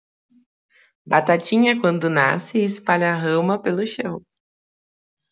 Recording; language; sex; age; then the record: short text; Brazilian Portuguese; female; 20 to 29 years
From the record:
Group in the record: control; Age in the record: 26 years